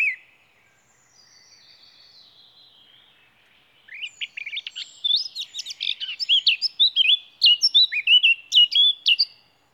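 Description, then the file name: Eurasian blackcap song: a brief note, then a soft, quiet stretch, then a loud, quick series of clear fluted whistles that swoop and loop in pitch. "Sylvia atricapilla"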